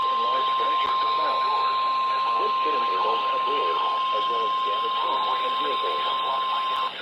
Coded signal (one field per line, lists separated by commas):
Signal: Emergency Alert System (SAME) tones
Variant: 1050 Hz attention tone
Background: speech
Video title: EAS Severe Thunderstorm Warning #6 (From LWX) 7/14/25 (Credit Goes To @SouthernPennsylvaniaWX)